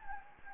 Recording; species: mosquito wingbeat signal from an infrared sensor; Anopheles gambiae